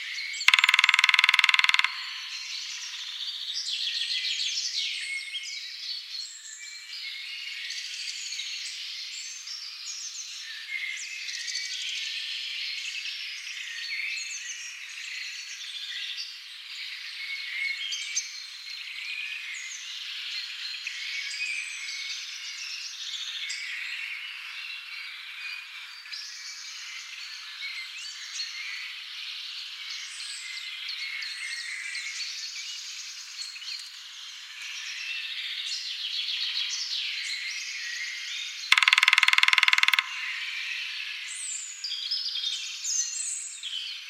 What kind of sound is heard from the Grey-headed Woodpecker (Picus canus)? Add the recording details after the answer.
song. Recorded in the wild. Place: Waltershofen / Freiburg im Breisgau, Baden-Württemberg, DE. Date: 1996-04-07. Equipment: Dat-Recorder Casio DA 7, Telinga DAT, Telinga-Parabolspiegel. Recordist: Schwarz, Dieter